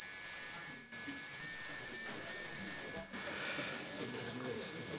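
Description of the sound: Simulated tinnitus played by a device: a steady, continuous high-pitched beep near 9–10 kHz over faint, shifting low-frequency background noise. It represents a beep that does not go away, heard constantly for a year and caused by hearing damage from a pop concert.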